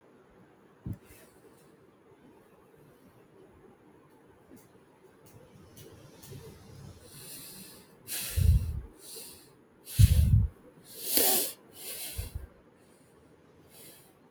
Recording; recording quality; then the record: shallow breathing; excellent, no background noise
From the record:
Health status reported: healthy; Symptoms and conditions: none ticked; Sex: female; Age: 30 years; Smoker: not ticked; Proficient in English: yes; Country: India